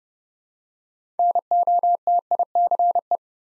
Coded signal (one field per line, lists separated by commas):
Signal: Morse code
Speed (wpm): 28 wpm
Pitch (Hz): 700 Hz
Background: none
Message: NOTICE